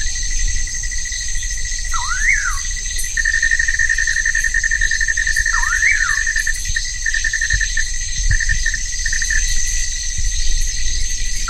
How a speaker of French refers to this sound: Hop, ça, c'est les petits caïmans qu'on entend.